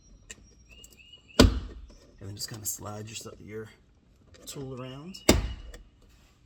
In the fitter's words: twist until you hear it pop